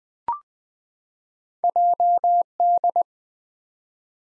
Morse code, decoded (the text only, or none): JD